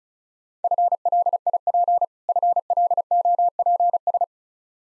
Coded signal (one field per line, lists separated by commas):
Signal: Morse code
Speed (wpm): 34 wpm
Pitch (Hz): 700 Hz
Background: none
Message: FLIP FLOPS